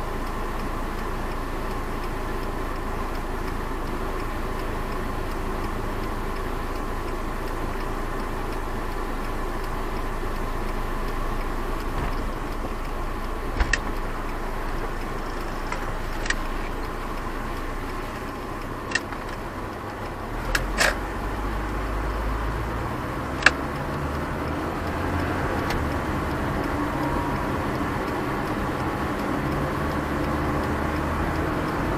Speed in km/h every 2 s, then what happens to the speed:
9, 8, 8, 8, 10, 12, 13, 10, 8, 6, 11, 14, 18, 24, 29, 34.
0-13 steady at about 9. 13-18 slows to 6. 18-32 speeds up to 34.